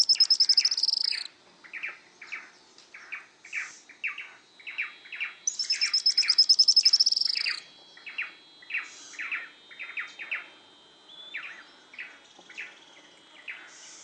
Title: LuckyPassaro Completos2Sama. Araucaria Tit-Spinetail (Leptasthenura setaria)